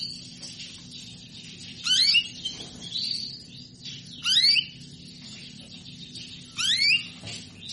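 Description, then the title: Canary calls: three loud rising chirps, each followed by brief buzzy notes, spaced a little over two seconds apart, with quieter high twittering between them. Female canary calling to mate; sounds meant to stimulate Belgian canaries into singing. "Canto Para Esquentar Canário Belga. Suara burung kenari betina minta kawin"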